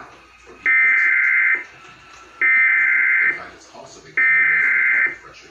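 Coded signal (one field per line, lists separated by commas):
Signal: Emergency Alert System (SAME) tones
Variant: header bursts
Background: speech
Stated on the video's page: Severe thunderstorm warning EAS tones relayed through EASyCAST.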